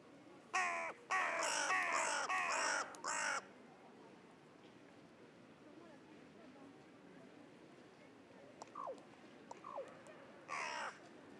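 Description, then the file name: Carrion crow giving a quick series of several harsh, hoarse caws, then a quiet pause with a couple of faint short calls and one more caw near the end. "Corvus corone"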